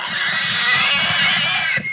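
Pig gives a long, harsh, noisy squeal lasting nearly two seconds.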